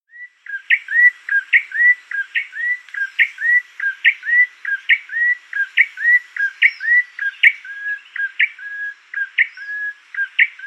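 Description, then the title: Prinia song: a fast, unbroken string of sharp chirped phrases, each a bright upward flick followed by a short flat note, repeated many times in quick succession. "prenjk gnung. suara burung prenjak coki"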